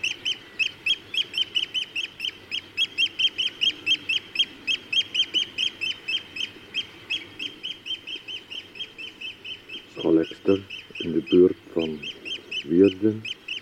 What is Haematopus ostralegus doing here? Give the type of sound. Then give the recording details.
alarm call. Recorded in the wild. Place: Wierden, Overijssel, NL. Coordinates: 52.358, 6.594. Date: 1990-05-13. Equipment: Nagra III BH, Sennheiser MD 21, parabola. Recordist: Schubert, Michael